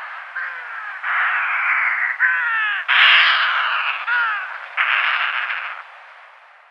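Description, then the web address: Yelkouan shearwater calls: harsh, raucous wailing and cackling phrases in a series of bursts. "Schulze Peter Yelkouan Shearwater"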